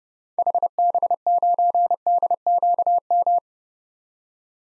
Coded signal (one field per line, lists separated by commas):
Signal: Morse code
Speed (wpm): 30 wpm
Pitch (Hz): 700 Hz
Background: none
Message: HB9DQM